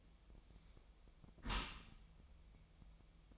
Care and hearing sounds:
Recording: daily activity, microphone in the room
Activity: close dishwasher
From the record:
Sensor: 1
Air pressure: 1004.7 hPa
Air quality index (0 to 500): 120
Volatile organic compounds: 4 ppm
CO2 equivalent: 1661 ppm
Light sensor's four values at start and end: 9/21/8/9 and 9/21/8/9

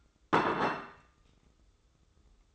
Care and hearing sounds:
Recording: daily activity, microphone in the room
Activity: place plate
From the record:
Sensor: 3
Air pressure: 995.2 hPa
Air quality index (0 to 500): 74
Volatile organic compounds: 5 ppm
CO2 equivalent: 1734 ppm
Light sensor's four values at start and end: 15/44/19/15 and 15/44/19/15

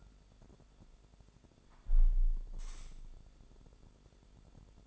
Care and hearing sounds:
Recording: daily activity, microphone in the room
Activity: close window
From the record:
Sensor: 5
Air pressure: 1006.7 hPa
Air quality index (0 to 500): 196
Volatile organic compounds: 6 ppm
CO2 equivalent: 1863 ppm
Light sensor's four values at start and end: 57/161/62/63 and 56/160/62/63

